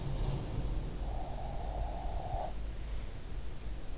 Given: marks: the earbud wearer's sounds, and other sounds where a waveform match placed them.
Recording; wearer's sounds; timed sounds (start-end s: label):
sounds in sleep by an in-ear microphone; breath
0.00-1.00 s: sound from someone else or the room
1.00-3.57 s: breath